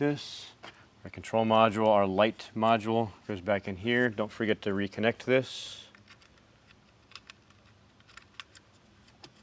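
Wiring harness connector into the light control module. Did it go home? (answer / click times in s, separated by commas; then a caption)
no / none. Someone talks for the first six seconds while handling the wiring harness connector for the light control module behind the dash trim of a 2024+ Jeep Wrangler or Gladiator. After that come a few faint, sharp plastic ticks and handling noises. The connector has not seated or clicked yet.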